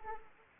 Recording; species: mosquito wingbeat signal from an infrared sensor; Anopheles arabiensis